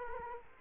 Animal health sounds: mosquito wingbeat signal from an infrared sensor; Culex quinquefasciatus

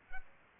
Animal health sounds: mosquito wingbeat signal from an infrared sensor; Aedes albopictus

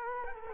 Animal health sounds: mosquito wingbeat signal from an infrared sensor; Culex quinquefasciatus

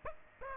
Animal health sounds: mosquito wingbeat signal from an infrared sensor; Aedes aegypti

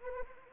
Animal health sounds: mosquito wingbeat signal from an infrared sensor; Anopheles arabiensis

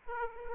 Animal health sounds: mosquito wingbeat signal from an infrared sensor; Aedes aegypti

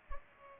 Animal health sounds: mosquito wingbeat signal from an infrared sensor; Culex pipiens

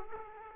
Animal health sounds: mosquito wingbeat signal from an infrared sensor; Aedes aegypti

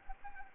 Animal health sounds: mosquito wingbeat signal from an infrared sensor; Anopheles arabiensis

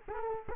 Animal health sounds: mosquito wingbeat signal from an infrared sensor; Culex quinquefasciatus

